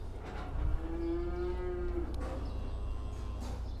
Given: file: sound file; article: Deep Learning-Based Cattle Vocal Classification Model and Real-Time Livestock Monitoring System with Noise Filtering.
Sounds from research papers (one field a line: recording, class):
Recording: cattle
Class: food anticipating call